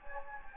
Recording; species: mosquito wingbeat signal from an infrared sensor; Anopheles gambiae